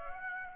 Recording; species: mosquito wingbeat signal from an infrared sensor; Aedes aegypti